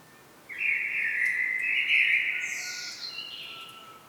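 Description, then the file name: Common blackbird giving one long, rich fluting phrase that breaks into a high, thin, scratchy twitter at the end. "Turdus merula"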